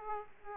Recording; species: mosquito wingbeat signal from an infrared sensor; Aedes aegypti